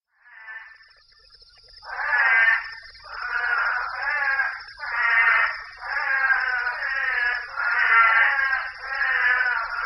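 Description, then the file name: Couch's spadefoot calls: loud nasal bleats about a second long, repeated in a steady series, over a thin continuous high whine. Recorded in Saguaro National Park on 5 July 2011. "Couchs Spadefoot Toad Saguaro NP 20110705"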